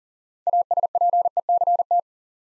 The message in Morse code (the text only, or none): ASPECT